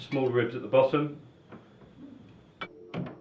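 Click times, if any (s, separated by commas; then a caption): 2.6 s, 2.9 s. A plastic side panel of a wall-mounted Andersen A2 EV charger is pressed onto the charger body with its larger ribs at the top, while someone talks at the start. Two sharp clicks at 2.6 s and 2.9 s mark the panel snapping into place, seated and ready to be pushed back toward the wall.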